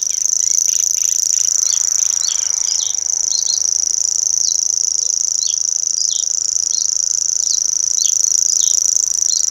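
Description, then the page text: Common grasshopper warbler song: a continuous high mechanical reel running throughout, with short descending chips from another bird scattered across the first half and later. Singing bird; Bebertal, Germany. "Here is a sound recording of a singing Common Grasshopper Warbler"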